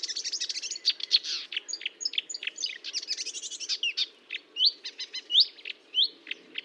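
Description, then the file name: Marsh warbler song: a dense, fast medley of chattering, buzzing and whistled notes, continuous throughout with quick changes in pattern. Recorded at Fontaine-Française (Fourneau), France, on 1 June 2022 at 10:55, with a Nagra recorder and Telinga microphone. "Rousserolle verderolle 20220601 1055 Fontaine-Francaise-Fourneau-Nagra-Telinga"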